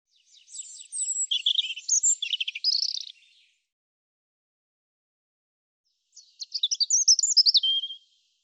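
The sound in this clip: European robin delivering a long, sparkling phrase of thin, high trills and tumbling notes, a pause, then a shorter twittering phrase ending in a sharp whistle.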